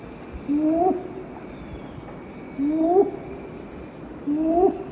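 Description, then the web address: Red-billed ground-cuckoo giving low, rising hooted notes, three about two seconds apart, over a steady high insect whine. Eastern lowlands of South America. "Natures Songs S America Eastern Lowlands. Red-billed Ground-Cuckoo"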